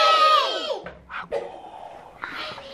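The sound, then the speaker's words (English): A crowd of voices shouts a drawn-out "ame" together in response to a leader's call of "I go", loud at first with the pitch sliding downward, then fading into a few shorter, quieter calls and murmurs. “So when I shout my I go, you shout your ame.”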